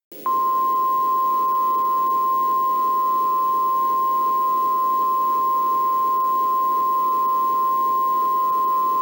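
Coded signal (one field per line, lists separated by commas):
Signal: Emergency Alert System (SAME) tones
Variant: 1050 Hz attention tone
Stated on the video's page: Fictional EAS civil danger warning scenario.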